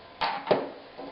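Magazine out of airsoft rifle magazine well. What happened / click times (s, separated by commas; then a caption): The magazine dropped free when its latch was released / 0.5 s. On a UTG L96 airsoft rifle, the magazine release button is pressed down and the magazine pops out of the magazine well by itself, with no need to pull it. A burst of sound comes at 0.2 s, then a sharp click at 0.5 s as the magazine is released.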